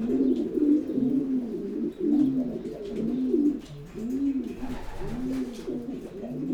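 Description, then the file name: Pigeon cooing: several low, rounded coos in an irregular series. "holub"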